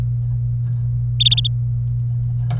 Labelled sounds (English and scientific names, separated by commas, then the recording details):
Domestic Canary (Serinus canaria) song
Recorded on 26 April 2018 at 15:25
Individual llb3